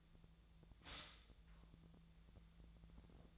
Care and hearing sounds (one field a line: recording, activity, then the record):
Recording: daily activity, microphone in the room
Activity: stop toaster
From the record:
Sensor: 3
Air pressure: 1009.3 hPa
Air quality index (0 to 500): 198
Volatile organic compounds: 17 ppm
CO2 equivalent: 2566 ppm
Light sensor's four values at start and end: 23/58/24/26 and 25/64/27/28